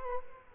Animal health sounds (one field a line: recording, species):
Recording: mosquito wingbeat signal from an infrared sensor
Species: Culex quinquefasciatus